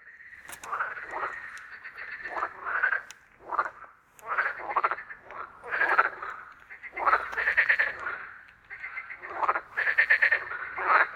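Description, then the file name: Frogs croak in a busy run of short, rattling pulsed notes, some bursts rising or falling slightly, coming in irregular clusters throughout. "Frogzma"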